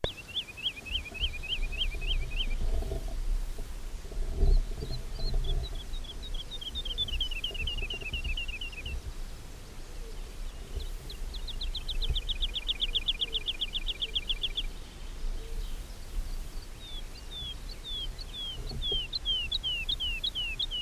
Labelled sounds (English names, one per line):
Wood Lark song